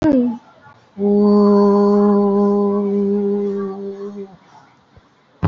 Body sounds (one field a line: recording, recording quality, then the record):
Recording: sustained vowel as in boot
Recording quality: excellent, no background noise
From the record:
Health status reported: COVID-19 positive, moderate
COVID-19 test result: positive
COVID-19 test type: RT-PCR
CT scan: taken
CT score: 5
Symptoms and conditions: cough, cold, sore throat, fever, fatigue, muscle pain, diarrhoea, diabetes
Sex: female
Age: 63 years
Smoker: no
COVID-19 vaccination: none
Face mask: worn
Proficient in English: yes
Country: India